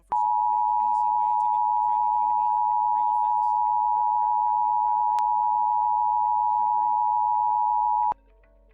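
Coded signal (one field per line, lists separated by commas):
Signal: Emergency Alert System (SAME) tones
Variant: 853 and 960 Hz attention tone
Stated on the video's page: Severe thunderstorm warning captured from television station KTVT 11.4 in Fort Worth, Texas.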